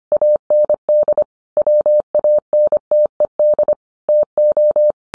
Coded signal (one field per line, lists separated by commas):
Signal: Morse code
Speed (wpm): 25 wpm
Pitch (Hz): 600 Hz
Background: none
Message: AND WANTED TO